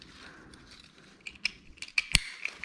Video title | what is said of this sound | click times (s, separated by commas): Ickle Bubba Discovery Max vs Discovery Prime Pushchair Review | like so and it clicks back into position | 2.0 s, 2.2 s